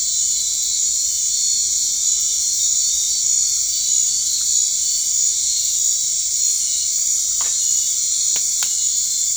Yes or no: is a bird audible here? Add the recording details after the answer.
no. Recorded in dense forest near Puerto Asís, Putumayo, Colombia, on 19 March 2025 at 20:30. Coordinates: 0.485, -76.318. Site G056